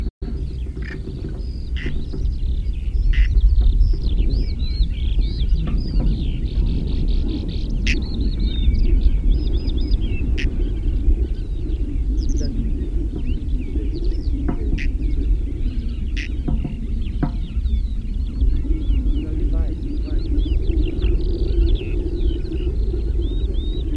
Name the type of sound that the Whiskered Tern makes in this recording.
call